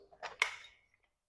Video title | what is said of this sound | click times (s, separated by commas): 04 March 2023 | and clicks into place and that is Sandy to mini for you let's go over | 0.4 s